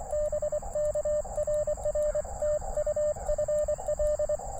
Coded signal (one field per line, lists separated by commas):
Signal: Morse code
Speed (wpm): 23 wpm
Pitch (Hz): 600 Hz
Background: radio noise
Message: BK RR TU FL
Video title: Quick CW POTA at US-4567 with the Elecraft KX2 and Gabil GRA 7350TC antenna